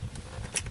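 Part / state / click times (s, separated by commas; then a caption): wiring clip into instrument cluster / seated / 0.6 s. A cable clip or bulb socket is snapped back into the instrument cluster of a 2003 Honda Odyssey during a dashboard light replacement. Faint low handling noise leads up to one sharp, small click at 0.6 s. The connector clicks in and is seated.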